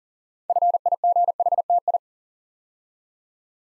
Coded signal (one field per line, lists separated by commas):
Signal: Morse code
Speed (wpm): 40 wpm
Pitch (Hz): 700 Hz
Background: none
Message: FIGHTI